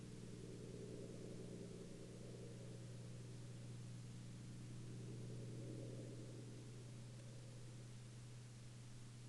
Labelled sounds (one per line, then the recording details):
man-made sound
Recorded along the Dempster Highway, Canada, on 12 April 2020 at 20:26
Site 16